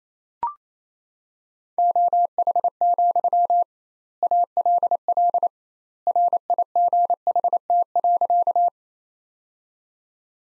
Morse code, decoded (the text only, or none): OH, ALL RIGHT.